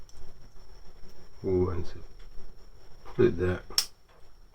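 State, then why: Not seated. A plastic model kit part is handled and put in place against its mating part while someone talks. Nothing has seated or clicked yet; the clip ends just before the part goes home.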